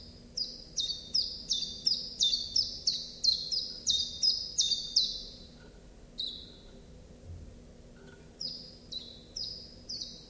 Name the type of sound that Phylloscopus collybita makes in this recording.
song